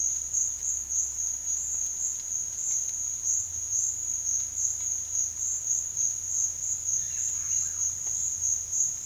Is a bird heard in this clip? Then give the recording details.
no. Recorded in secondary vegetation near Puerto Asís, Putumayo, Colombia, on 30 June 2025 at 14:00. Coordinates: 0.498, -76.327. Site GP09